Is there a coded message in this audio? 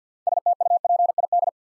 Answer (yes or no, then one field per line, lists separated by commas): yes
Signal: Morse code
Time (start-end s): 0.3-1.5 s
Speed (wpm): 48 wpm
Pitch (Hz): 700 Hz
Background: none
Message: STUPID